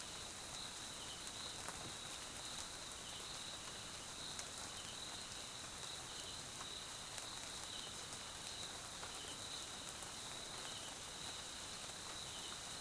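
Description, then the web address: Crickets trilling continuously with occasional pulsed chirps beneath steady rainfall and scattered drops. South African crickets recorded at night in jungle at Mkhaya, Swaziland, during rain; background ambience. "Tonschliff - SOUTH AFRICAN CRICKETS BG Swaziland Mkhaya Jungle Night Rain"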